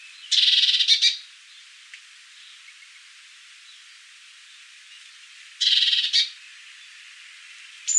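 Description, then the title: Great tit feeding calls: two rasping, hissy bursts several seconds apart, and a brief thin high whistle at the very end. Great tit feeding its young. "Sylvain Jaskowiak - Mes piafs. Mésange charbonnière au nourrissage"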